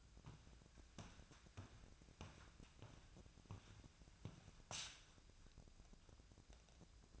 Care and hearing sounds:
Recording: daily activity, microphone in the room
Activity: walk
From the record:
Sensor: 2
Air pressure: 1012.1 hPa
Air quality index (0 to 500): 171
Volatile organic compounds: 2 ppm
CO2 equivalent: 1251 ppm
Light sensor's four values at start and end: 43/114/48/53 and 43/110/47/54

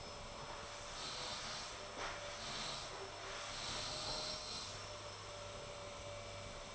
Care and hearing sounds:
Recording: daily activity, microphone in the room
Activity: vacuum cleaning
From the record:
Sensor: 5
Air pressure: 1000.2 hPa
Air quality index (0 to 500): 118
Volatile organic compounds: 1 ppm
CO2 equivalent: 939 ppm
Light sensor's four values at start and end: 152/358/154/167 and 153/359/154/168

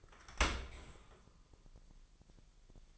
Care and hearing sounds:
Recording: daily activity, microphone in the room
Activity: open dishwasher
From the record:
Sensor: 5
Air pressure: 1000.7 hPa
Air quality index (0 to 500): 248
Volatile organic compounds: 34 ppm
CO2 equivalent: 3049 ppm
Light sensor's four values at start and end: 31/71/28/26 and 31/72/29/27

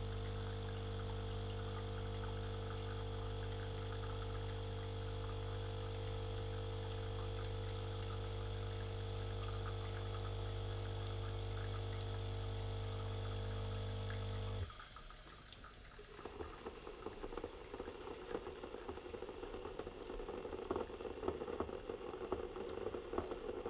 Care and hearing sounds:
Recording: daily activity, microphone in the room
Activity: make coffee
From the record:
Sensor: 4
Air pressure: 992.5 hPa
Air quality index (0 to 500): 142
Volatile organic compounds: 76 ppm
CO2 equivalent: 3573 ppm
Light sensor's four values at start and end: 18/61/22/23 and 18/61/22/23

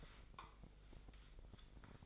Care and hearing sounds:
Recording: daily activity, microphone in the room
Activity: take from stove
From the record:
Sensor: 5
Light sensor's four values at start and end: 30/68/28/27 and 32/73/29/29

